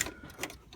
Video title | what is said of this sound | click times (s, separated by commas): 2002 Mercedes E320 (W210) Wagon aftermarket head unit / receiver | so put those in right here and you'll hear them click right there | 0.0 s, 0.4 s